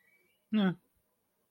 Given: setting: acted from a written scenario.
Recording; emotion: vocal sound without words; neutral